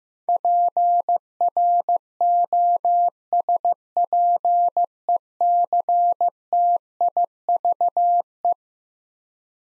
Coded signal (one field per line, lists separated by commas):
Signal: Morse code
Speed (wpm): 15 wpm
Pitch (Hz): 700 Hz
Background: none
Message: PROSPECTIVE